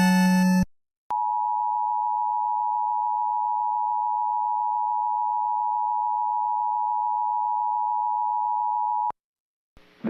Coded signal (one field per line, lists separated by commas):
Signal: Emergency Alert System (SAME) tones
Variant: 853 and 960 Hz attention tone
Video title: MARGINAL INSANITY 9: ENSO TERROR - EAS Alerts From 3/9/25 - 3/10/25 (EAS #3409-3430)